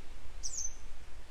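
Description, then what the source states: Grey wagtail giving a brief, sharp, very high two-part call near the middle, over a steady low rumble of background noise. A pair of grey wagtails still searching for their young today; follow-up report.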